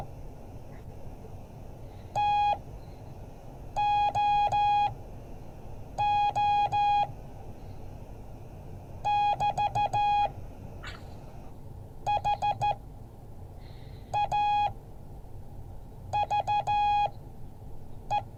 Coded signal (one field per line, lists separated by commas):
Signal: Morse code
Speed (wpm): 14 wpm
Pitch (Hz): 830 Hz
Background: none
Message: TOO <BT> HAVE